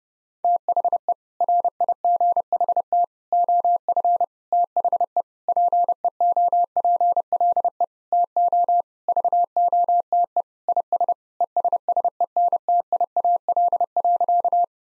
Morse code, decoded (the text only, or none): THE RIGHT OF THE PEOPLE TO VOTE IS ESSENTIAL.